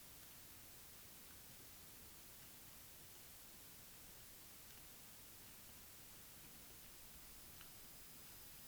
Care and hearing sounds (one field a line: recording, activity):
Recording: daily activity, guitar pickup as the sensor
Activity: walk